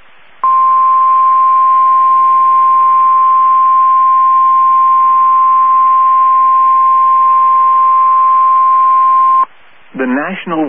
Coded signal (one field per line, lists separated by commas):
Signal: Emergency Alert System (SAME) tones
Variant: 1050 Hz attention tone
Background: speech